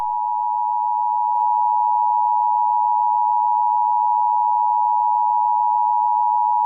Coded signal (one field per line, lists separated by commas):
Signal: Emergency Alert System (SAME) tones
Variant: 853 and 960 Hz attention tone